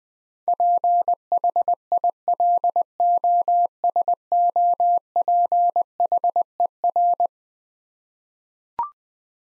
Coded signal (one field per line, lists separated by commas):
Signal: Morse code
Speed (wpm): 20 wpm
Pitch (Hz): 700 Hz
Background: none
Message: PHILOSOPHER